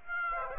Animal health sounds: mosquito wingbeat signal from an infrared sensor; Aedes aegypti

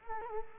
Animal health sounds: mosquito wingbeat signal from an infrared sensor; Culex quinquefasciatus

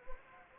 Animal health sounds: mosquito wingbeat signal from an infrared sensor; Anopheles gambiae

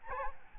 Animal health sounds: mosquito wingbeat signal from an infrared sensor; Aedes albopictus

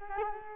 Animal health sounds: mosquito wingbeat signal from an infrared sensor; Culex quinquefasciatus

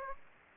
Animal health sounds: mosquito wingbeat signal from an infrared sensor; Aedes aegypti

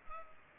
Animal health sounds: mosquito wingbeat signal from an infrared sensor; Culex pipiens

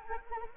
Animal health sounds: mosquito wingbeat signal from an infrared sensor; Anopheles arabiensis

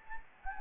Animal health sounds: mosquito wingbeat signal from an infrared sensor; Anopheles gambiae

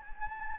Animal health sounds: mosquito wingbeat signal from an infrared sensor; Anopheles gambiae

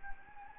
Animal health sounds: mosquito wingbeat signal from an infrared sensor; Anopheles gambiae

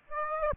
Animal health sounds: mosquito wingbeat signal from an infrared sensor; Aedes aegypti

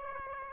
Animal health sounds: mosquito wingbeat signal from an infrared sensor; Aedes aegypti

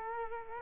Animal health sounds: mosquito wingbeat signal from an infrared sensor; Culex quinquefasciatus

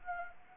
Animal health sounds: mosquito wingbeat signal from an infrared sensor; Anopheles arabiensis

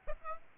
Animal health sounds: mosquito wingbeat signal from an infrared sensor; Aedes aegypti

